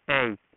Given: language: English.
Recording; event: throat vibration sensor signal played as sound; speech